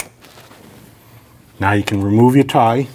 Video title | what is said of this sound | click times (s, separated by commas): How to Replace Camshaft Position Sensor 2012-2021 Nissan NV2500 5.6L V8 | Listen for the click. | 0.0 s